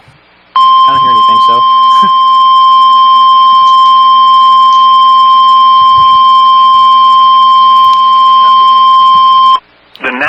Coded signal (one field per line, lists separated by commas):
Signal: Emergency Alert System (SAME) tones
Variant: 1050 Hz attention tone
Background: speech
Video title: Chaotic Hiatus Hellstorm... EAS Alerts from 5/25/20-6/3/20 (EAS #14-26)